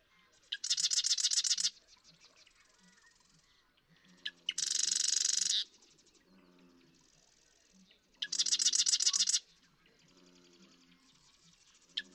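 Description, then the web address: Marsh Wren singing three harsh, buzzy rattles of about a second each, repeated every three to four seconds, with softer chattering notes between them. "birdsongforthecurious Marsh Wren"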